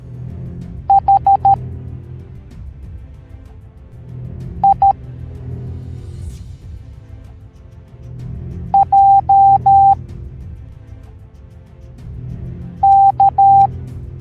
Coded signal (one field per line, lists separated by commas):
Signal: Morse code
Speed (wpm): 13 wpm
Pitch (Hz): 790 Hz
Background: music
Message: H I J K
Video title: The Meg Teaching the Morse Code Alphabet Educational Video for Kids